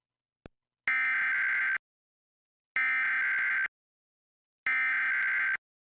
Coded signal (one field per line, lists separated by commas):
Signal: Emergency Alert System (SAME) tones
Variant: header bursts